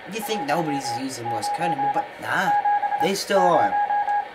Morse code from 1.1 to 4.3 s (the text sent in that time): 9 7 0